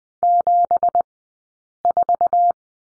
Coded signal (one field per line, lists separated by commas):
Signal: Morse code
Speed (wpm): 19 wpm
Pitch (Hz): 700 Hz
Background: none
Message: 74